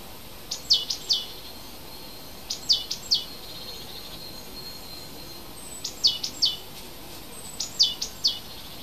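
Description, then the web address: Bird song of several brisk, high-pitched clusters of three or four notes over a steady, soft background hiss. Native hedge bird in February. "oeko hecke vogel februar vogel heimisch"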